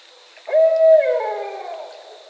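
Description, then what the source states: Barred owl giving a single loud hooting call with a drawn-out, descending, slurred ending, against a faint steady high hum. Recorded 22 October 2010.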